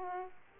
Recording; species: mosquito wingbeat signal from an infrared sensor; Aedes aegypti